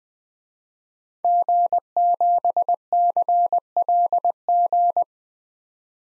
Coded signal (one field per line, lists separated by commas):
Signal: Morse code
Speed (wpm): 20 wpm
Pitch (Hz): 700 Hz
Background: none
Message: G7CLG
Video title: DXCC-100 Call Signs - 5 Character 20wpm